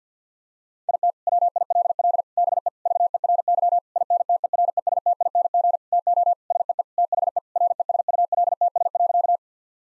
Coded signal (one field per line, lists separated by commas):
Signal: Morse code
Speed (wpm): 50 wpm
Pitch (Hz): 700 Hz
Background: none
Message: IT WILL BE VERY INTERESTING TO SEE THE RESULTS.